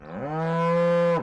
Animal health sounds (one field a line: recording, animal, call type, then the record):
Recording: contact call of a hoofed animal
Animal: cattle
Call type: low-frequency (closed-mouth) or high-frequency (open-mouth) call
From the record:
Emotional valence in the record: negative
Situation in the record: full separation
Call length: 1.23 s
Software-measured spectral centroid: 1520 Hz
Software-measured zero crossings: 1180 a second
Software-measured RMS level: -23 dBFS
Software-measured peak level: -17 dBFS